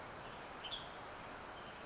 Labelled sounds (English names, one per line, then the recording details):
Western Tanager
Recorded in Sonoma County, California